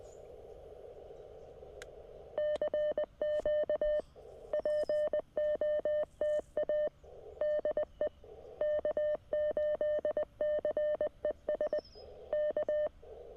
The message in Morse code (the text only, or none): CQ POTA DE K8CES K